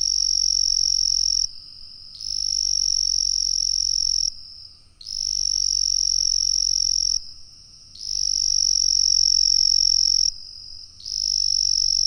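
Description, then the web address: Frog giving high, thin, steady calls, each lasting about two seconds with short pauses between, repeated in a regular rhythm, with a low hum underneath. "ndap 2007 Frogs World"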